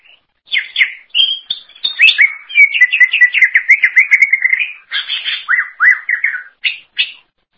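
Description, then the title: Greater green leafbird song: long run of rapid, varied chirps and slurred whistled notes, with a few sharp notes at the end. "Cucak ijo"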